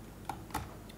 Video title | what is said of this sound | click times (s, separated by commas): Traxxas UDR - Upgrade #2 : Barre Anti-Roulis GPM - Partie 1 | Hop, c'est clipsé dedans. | 0.3 s